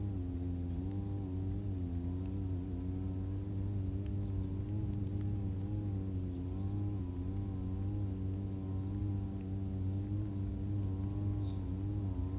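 A brush cutter runs without pause, its small engine giving a steady, buzzing drone with a strong low hum. The pitch wavers gently up and down as the engine speed shifts, and faint bright ticks and swishes of cut grass come through now and then.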